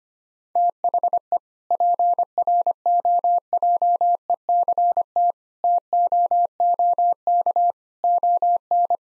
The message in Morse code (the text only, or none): THE PROJECT TOOK ON